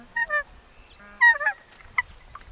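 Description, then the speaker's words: Nene honking: several short nasal honks in a few groups, the loudest in the middle. Also called Hawaiian goose. "The honking sounds you're hearing now are the sound they make."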